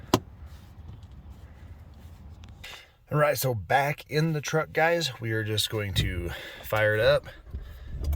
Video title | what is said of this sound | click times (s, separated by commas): 2024 Chevy Silverado HD Crash Avoidance Glitch fix.....2020 and up also, can't be this easy! | then you can just kind of just push it in and snap it | 0.1 s